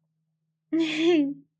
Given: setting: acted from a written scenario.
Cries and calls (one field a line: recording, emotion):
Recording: vocal sound without words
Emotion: pride